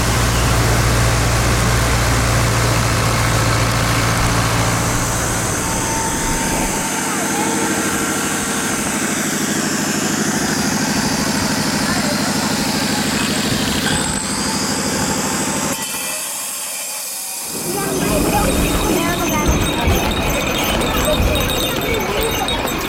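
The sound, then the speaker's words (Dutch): Heavy construction machinery, including excavators and forklifts, and truck engines rumble steadily at building sites on a built-up coast, a deep droning roar with gritty mechanical noise on top. The din briefly dips before surging back at full strength. “Naast zware graafmachines, heftrucks en vrachtwagens worden ook nog steeds paard en wagen ingezet om bouwmaterialen aan en af te voeren.”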